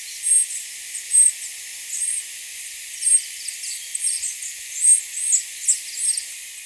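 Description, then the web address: Golden-crowned tanager calls: a series of very high, thin notes at irregular intervals, over steady hiss. Ecuador. "Birds of Ecuador. Golden-Crowned Tanager"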